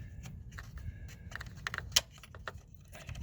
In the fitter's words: drop it clicks in place it's a little loose so it'll automatically align